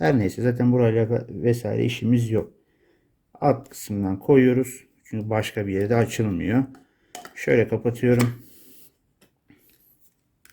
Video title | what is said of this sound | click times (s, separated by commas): A101'de Satılan Sinbo Tuz ve Baharat Öğütücü İncelemesi | tekrar saat yönünün tersine çeviriyorum zaten anlarsınız kilitlendiğini bu şekilde ürün | 10.5 s